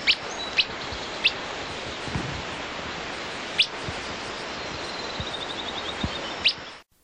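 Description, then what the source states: Willow flycatcher whit calls, short sharp notes given singly at irregular gaps, five in about seven seconds, over steady background noise with a faint bird. Whits given in response to the presence of a brown-headed cowbird; recorded in Grand Canyon beside the Colorado River.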